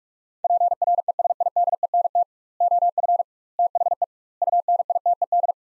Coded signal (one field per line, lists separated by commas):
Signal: Morse code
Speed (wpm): 41 wpm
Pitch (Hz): 700 Hz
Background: none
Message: PRESIDENT OF THE UNITED